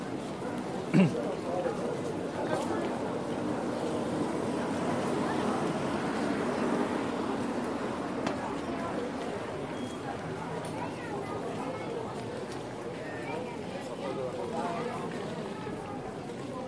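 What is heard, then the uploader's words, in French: Street sounds in Taormina, Sicily, carried by a steady murmur of many overlapping voices, a dense crowd chatter that barely changes across the recording. A sharp knock sounds near the start, and faint clicks and footsteps surface occasionally. Taormina, Sicily, Italy. Enregistrements audio réalisés en milieu urbain. Sons des villes.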